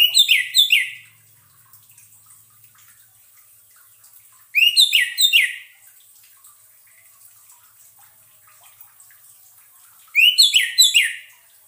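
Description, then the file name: Orange-headed thrush song: a short phrase of quick slurred whistles repeated three times, roughly every five seconds, with soft hiss between. Played as a lure sound to keep a bird from getting stressed. "suara pancingan burung anis merah agar tidak stress"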